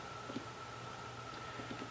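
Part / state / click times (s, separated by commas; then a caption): RAM module into motherboard DIMM slot / not seated / none. The first RAM module is lined up with the groove of a motherboard DIMM slot before being pressed in, giving only a steady low hum with a faint high tone and a few soft handling taps. Nothing has seated or clicked yet.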